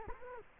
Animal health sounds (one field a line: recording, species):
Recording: mosquito wingbeat signal from an infrared sensor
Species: Culex quinquefasciatus